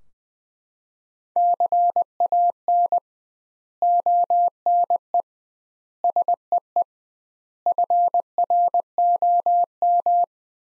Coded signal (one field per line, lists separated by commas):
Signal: Morse code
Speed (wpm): 20 wpm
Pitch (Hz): 700 Hz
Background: none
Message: CAN ONE SEE FROM